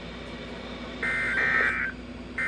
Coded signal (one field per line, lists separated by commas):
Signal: Emergency Alert System (SAME) tones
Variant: end-of-message bursts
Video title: EAS #2985-2988 Severe Thunderstorm Warning 6-22-24